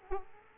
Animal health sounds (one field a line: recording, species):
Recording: mosquito wingbeat signal from an infrared sensor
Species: Aedes aegypti